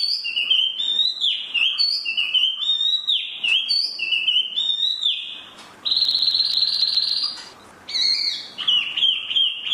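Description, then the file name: Chinese hwamei song with repeated downslurred whistles, then a steady buzzy rattling trill, a pause, and more whistled notes. "hwamei mini"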